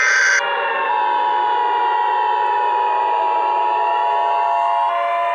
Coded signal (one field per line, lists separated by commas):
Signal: Emergency Alert System (SAME) tones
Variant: 853 and 960 Hz attention tone